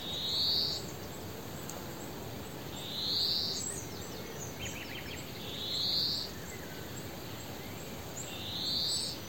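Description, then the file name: European greenfinch with a nasal, buzzy, upslurred wheeze sounding four times, roughly every three seconds, against faint steady background noise. "Chloris chloris"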